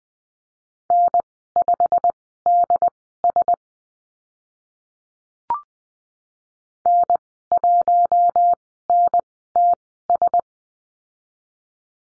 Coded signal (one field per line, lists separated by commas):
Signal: Morse code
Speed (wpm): 20 wpm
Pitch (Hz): 700 Hz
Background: none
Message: N5DS N1NTS